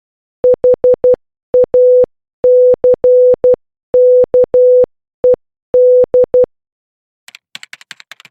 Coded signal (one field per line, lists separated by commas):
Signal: Morse code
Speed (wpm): 12 wpm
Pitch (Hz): 500 Hz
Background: none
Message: HACKED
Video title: Morse Code Guidebook - Practice a-k (3)